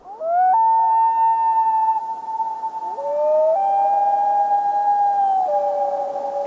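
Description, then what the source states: Common loon wailing, a long, pure, mournful note that steps up, holds steady, then shifts pitch, howling like a wolf. Whale call, which the source says resembles the howl of a wolf.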